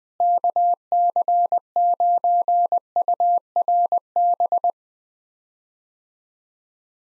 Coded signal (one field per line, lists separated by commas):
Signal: Morse code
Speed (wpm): 20 wpm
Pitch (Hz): 700 Hz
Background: none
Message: KC9URB